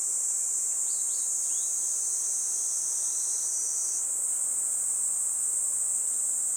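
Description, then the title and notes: Kaempfer cicadas buzzing in a continuous high-pitched drone, while a bird gives a few quick chirps early on. Chorus of many Kaempfer cicadas in a forest by the Tama River, Japan, as they began singing in summer, a pleasant noise heralding summer; birds also calling. "多摩川の森、ニイニイゼミたちの合唱"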